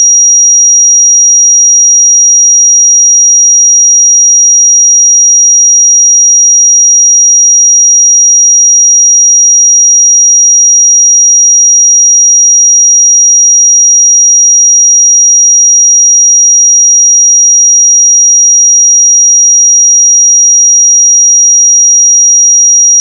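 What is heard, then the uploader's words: A pure sine tone at 5727 Hz holds perfectly steady for the full length, high and thin with nothing else around it. The level never changes, and there are no breaks, wobbles or background sounds. 5727 Hz 1 Hz Interval Sine Pure Tone Frequency 441000 Sample Mono.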